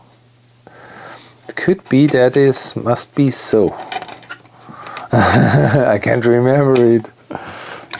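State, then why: Seated. Someone talks while reassembling a TEAC PD-H300C CD player, with a hum underneath and light handling knocks. A plastic mechanism part is pressed into the CD player chassis and snaps home with a sharp click at 7.9 s, seated properly and sounding right.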